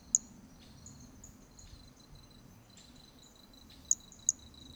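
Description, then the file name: Hermogenes's toadlet call: a sharp, very high click, then after a long pause two more clicks close together, over a steady high-pitched insect hum. Recorded on the Trilha do Ipiranga in 2021; individual number 2; the first three notes of the call are missing. "Brachy hermogenesi Trilha do Ipiranga ind 2 three starting notes lost"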